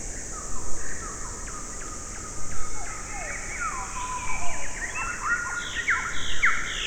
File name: Nature Forest Birds Insects Morning Spring Early Summer South Black Sea Bulgaria